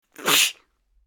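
One abrupt, hissing burst of about a third of a second with a brief noisy onset, loud and high-pitched, then silence. It is a single sneeze from an adult, a normal reflex that clears irritants from the nose.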